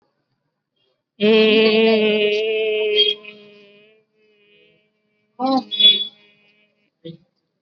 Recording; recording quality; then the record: sustained vowel as in made; excellent, no background noise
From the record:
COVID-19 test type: RT-PCR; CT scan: not taken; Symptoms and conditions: none ticked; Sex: female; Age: 27 years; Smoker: no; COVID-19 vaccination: both doses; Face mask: worn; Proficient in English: yes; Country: India